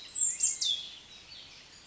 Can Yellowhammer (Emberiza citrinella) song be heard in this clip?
no